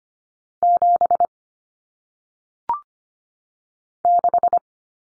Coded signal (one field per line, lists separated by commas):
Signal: Morse code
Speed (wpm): 25 wpm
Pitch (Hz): 700 Hz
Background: none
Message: 7 6